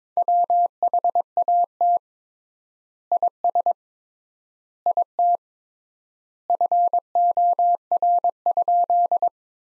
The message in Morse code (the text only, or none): WHAT IS IT FOR?